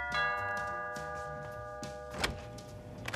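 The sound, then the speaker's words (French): A doorbell chimes at Christmastime with bright, sustained ringing tones that hang and slowly decay, over a low rhythmic thumping underneath and a sharp rustling burst partway through. “Et oui, Jean-Claude a en horreur le son des cloches de Noël et plus encore celui des sonnettes.”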